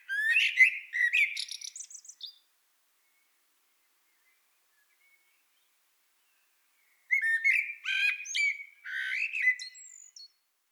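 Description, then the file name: Eurasian blackbird song: a low, mellow warbled phrase ending in high squeaky twitters, silence for about five seconds, then a second, longer warbling phrase with twittered ends. "Turdus merula"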